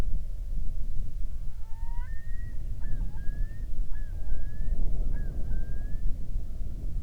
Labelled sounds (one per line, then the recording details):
loon
wind
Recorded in the Prudhoe Bay oil fields, Alaska, on 31 July 2019 at 07:59
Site 24